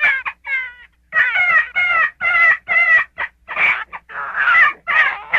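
Gray fox giving harsh, wavering harmonic cries in short bursts separated by brief pauses, with one thin, clean note near the start.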